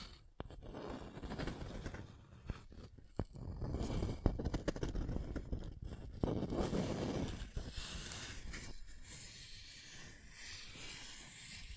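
Scratching and tracing strokes rasp across a surface in uneven passes, mostly low and gritty through the first seven seconds, with a few sharp clicks near 3 and 6 seconds. Later the strokes thin out and turn lighter and brighter, continuing as a steady hissing scrape.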